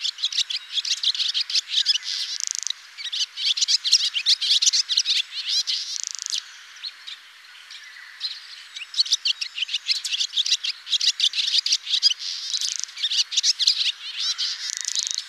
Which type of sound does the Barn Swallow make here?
song